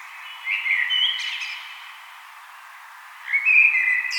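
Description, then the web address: Common blackbird song: a low, fluty warbled phrase ending in a high squeaky twitter, then a second mellow phrase begins after a pause. "SETE Turdus merula"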